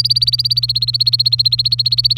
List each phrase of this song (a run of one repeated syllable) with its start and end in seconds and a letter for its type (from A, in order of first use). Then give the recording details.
0.00-2.17 A. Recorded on 27 April 2018 at 09:18. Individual llb3